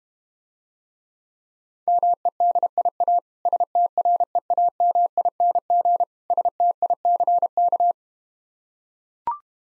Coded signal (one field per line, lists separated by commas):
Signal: Morse code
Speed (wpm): 32 wpm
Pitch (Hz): 700 Hz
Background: none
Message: MEDIA STREAMING STICK